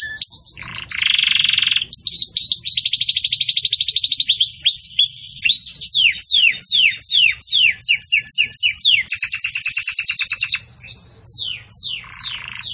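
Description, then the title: Belgian canary song, a long continuous run of high trills and rapid downslurred notes, shifting between buzzy rolls and repeated sweeping phrases without pause. Belgian canary singing in the campainha (bell) song style, used for training young chicks to sing. "Belíssimo Canto Do Canário Belga Campainha Para Encarte De Filhotes"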